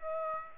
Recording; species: mosquito wingbeat signal from an infrared sensor; Aedes aegypti